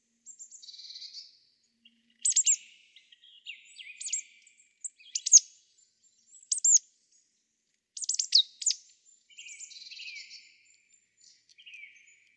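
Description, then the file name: Marsh Tit calls: high sharp notes and short buzzy chatters in irregular bursts, with quieter raspy phrases between; no other clear sounds. "Poecile palustris"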